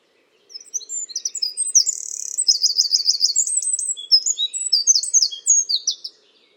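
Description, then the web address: Bird calls: high, thin chirps and fast buzzy trills in quick, overlapping series, with one rapid stuttering trill in the middle. "cianscape birddata Deverinetal 2025. Bird Only"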